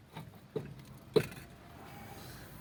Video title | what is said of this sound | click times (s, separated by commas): заміна пильника ШРКШ ( шрусу) за 250грн Chery Eastar | далі ми простукуємо молоточком поки у нас не клацне стопорне кільце дивіться сіла | 1.2 s